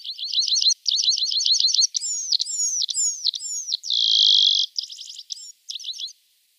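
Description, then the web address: Red-throated Pipit song: fast trilled phrases of high buzzy notes, then several drawn-out slurred whistles, a harsh steady buzz, and more short trills. "Schulze Peter Red-throated Pipit song"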